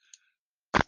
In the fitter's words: you ratchet it in boom that is locked in